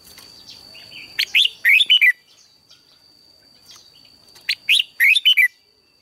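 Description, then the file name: Red-whiskered bulbul song: two short bursts of rich, warbling, up-and-down notes about three seconds apart, with a steady high whine throughout. "Tieng chao mao hot"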